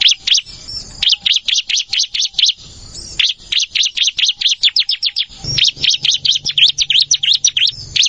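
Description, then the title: Plain Prinia singing fast, sharp repeated chirps in continuous runs, with a faint low hum in the final seconds. "Ciblek Sawah"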